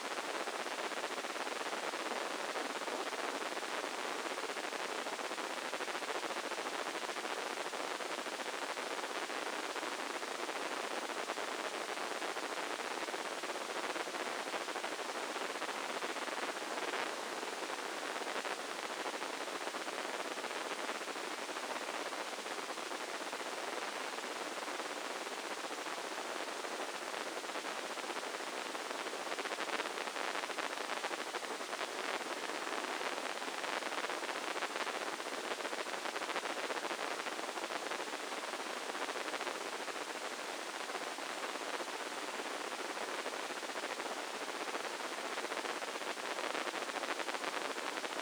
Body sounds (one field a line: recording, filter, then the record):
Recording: brain microelectrode recording played as sound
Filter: spike band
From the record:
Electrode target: subthalamic nucleus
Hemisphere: left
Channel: 1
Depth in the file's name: 2.977 mm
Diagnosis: Parkinson's disease